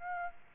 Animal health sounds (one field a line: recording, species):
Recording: mosquito wingbeat signal from an infrared sensor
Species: Aedes aegypti